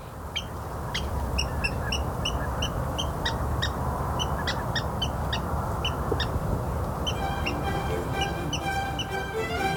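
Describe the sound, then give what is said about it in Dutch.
A water rail calls with a long series of sharp, squealing notes in quick, uneven rhythm over steady rushing background noise, followed by thinner whistled bird notes toward the end. “Hé, waterral, je mag er wezen hoor.”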